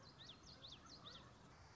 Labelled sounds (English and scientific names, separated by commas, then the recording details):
Common Yellowthroat (Geothlypis trichas)
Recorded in Sonoma County, California